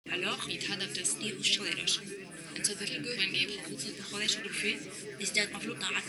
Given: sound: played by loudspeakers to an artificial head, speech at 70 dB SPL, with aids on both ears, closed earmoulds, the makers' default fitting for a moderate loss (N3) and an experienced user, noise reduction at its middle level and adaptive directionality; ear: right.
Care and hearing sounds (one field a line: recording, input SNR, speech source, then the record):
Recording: speech test signal (ISTS) in cocktail-party noise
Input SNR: -3 dB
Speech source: in front (0 degrees)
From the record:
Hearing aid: class 2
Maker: J